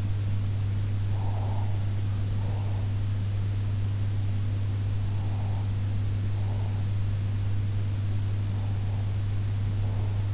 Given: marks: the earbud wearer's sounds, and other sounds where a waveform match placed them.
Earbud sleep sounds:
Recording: sounds in sleep by an in-ear microphone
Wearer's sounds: breath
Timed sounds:
1.11-2.82 s: breath
5.05-6.77 s: breath
8.45-10.34 s: breath

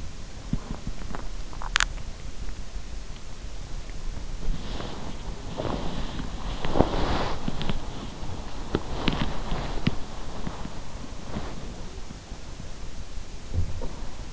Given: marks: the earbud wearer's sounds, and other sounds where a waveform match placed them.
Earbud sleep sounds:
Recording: sounds in sleep by an in-ear microphone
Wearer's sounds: swallowing, body movement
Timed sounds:
0.00-1.99 s: swallowing
3.93-14.33 s: body movement

